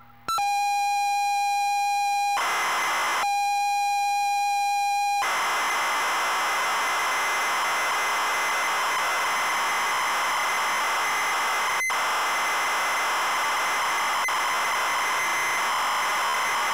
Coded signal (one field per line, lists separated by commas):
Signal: ZX Spectrum tape loading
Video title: Double Dragon - Zx Spectrum +2 (Full Cassette Tape Loading & Gameplay)